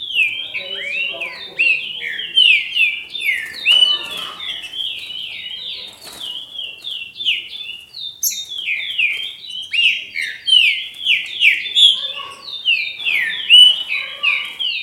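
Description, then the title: Green-winged saltator song: long, unbroken run of rapid slurred whistles at a steady pitch band, with brief high sharp accents. "Trinca Ferro"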